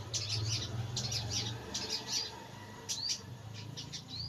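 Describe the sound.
Bird chirps: high twittering phrases and a couple of rising whistled notes over a steady low hum.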